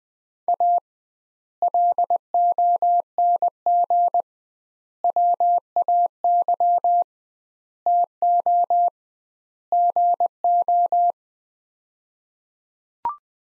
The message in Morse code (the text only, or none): A LONG WAY TO GO